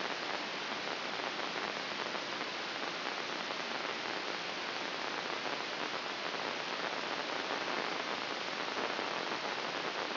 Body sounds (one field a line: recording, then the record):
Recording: brain microelectrode recording played as sound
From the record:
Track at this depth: outside the subthalamic nucleus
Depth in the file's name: 4.024 mm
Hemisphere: left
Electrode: 3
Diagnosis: Parkinson's disease